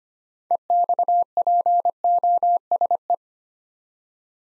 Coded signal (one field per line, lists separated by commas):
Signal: Morse code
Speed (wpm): 25 wpm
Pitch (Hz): 700 Hz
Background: none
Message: EXPOSE